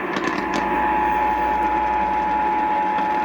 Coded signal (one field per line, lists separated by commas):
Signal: Emergency Alert System (SAME) tones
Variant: 853 and 960 Hz attention tone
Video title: STORMING AND TESTING - EAS Alerts from 08/03/2022-08/04/2022 (EAS #654-664)